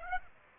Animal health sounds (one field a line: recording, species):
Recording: mosquito wingbeat signal from an infrared sensor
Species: Aedes aegypti